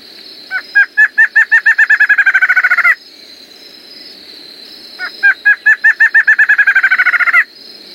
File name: Canto do choca de roraima